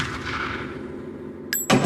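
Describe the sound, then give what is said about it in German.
Steady rumbling noise gives way to two sharp, loud small-caliber gunshots in quick succession near the end, the second a heavier crack with a brief ringing tail. “Ich halte die Schießerei nicht aus. Hört auf. Wieso? Bam. Ist doch bloß ein Kleinkaliber.”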